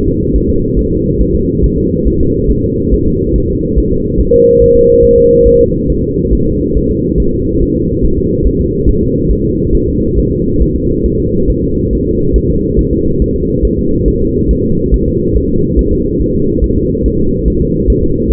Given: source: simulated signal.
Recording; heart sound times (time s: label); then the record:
fetal heart sounds
0.08 s: S2
0.36 s: S1
0.50 s: S2
0.79 s: S1
0.93 s: S2
1.22 s: S1
1.35 s: S2
1.64 s: S1
1.78 s: S2
2.08 s: S1
2.21 s: S2
2.51 s: S1
2.65 s: S2
2.94 s: S1
3.08 s: S2
3.36 s: S1
3.50 s: S2
3.78 s: S1
3.92 s: S2
4.20 s: S1
4.34 s: S2
4.62 s: S1
4.76 s: S2
5.04 s: S1
5.18 s: S2
5.47 s: S1
5.61 s: S2
5.90 s: S1
6.04 s: S2
6.33 s: S1
6.47 s: S2
6.77 s: S1
6.91 s: S2
7.20 s: S1
7.34 s: S2
7.62 s: S1
7.76 s: S2
8.05 s: S1
8.18 s: S2
8.47 s: S1
8.60 s: S2
8.89 s: S1
9.03 s: S2
9.31 s: S1
9.45 s: S2
9.75 s: S1
9.89 s: S2
10.19 s: S1
10.32 s: S2
10.62 s: S1
10.76 s: S2
11.06 s: S1
11.20 s: S2
11.50 s: S1
11.64 s: S2
11.93 s: S1
12.07 s: S2
12.36 s: S1
12.50 s: S2
12.79 s: S1
12.93 s: S2
13.22 s: S1
13.36 s: S2
13.65 s: S1
13.79 s: S2
14.08 s: S1
14.22 s: S2
14.51 s: S1
14.65 s: S2
14.94 s: S1
15.08 s: S2
15.37 s: S1
15.50 s: S2
15.79 s: S1
15.93 s: S2
16.22 s: S1
16.35 s: S2
16.64 s: S1
16.78 s: S2
17.06 s: S1
17.20 s: S2
17.48 s: S1
17.62 s: S2
17.90 s: S1
18.04 s: S2
18.32 s: S1
From the record:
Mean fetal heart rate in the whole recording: 140 bpm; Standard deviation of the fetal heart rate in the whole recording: 2 bpm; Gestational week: 34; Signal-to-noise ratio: -15.3 dB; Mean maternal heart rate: 72 bpm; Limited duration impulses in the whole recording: present